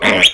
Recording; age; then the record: pig call; piglet (1 to 25 days)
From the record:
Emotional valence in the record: negative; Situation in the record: crushing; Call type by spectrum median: low-frequency call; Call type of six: mixed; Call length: 0.34 s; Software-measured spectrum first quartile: 1233 Hz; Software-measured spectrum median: 2281 Hz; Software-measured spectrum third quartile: 3135 Hz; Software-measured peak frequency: 3250 Hz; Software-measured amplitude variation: 147 dB a second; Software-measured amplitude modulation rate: 19.2 a second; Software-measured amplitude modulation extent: 7.6 dB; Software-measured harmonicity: 1.4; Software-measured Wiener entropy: -1.39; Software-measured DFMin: 905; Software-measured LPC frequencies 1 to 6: 623, 2180, 3207, 3598, 5840, 6602 Hz